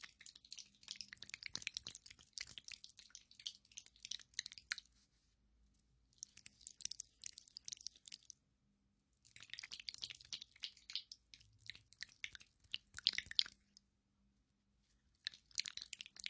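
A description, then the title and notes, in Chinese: Sticky aloe gel is squished and massaged close up, making bright wet crackling bursts that come in bouts of a few seconds, separated by brief silences. 芦荟胶黏液の放松按摩。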